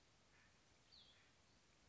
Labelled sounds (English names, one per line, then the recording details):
Cassin's Vireo
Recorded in Sonoma County, California